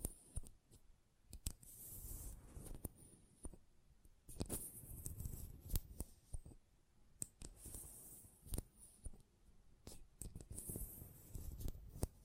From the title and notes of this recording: ASMR Close Up Metallic Sounds (No Talking).